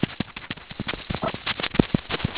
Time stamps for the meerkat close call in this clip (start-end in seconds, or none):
1.21-1.32